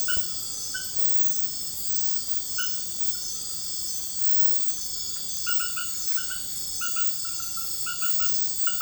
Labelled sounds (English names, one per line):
none